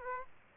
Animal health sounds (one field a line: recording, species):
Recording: mosquito wingbeat signal from an infrared sensor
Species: Aedes aegypti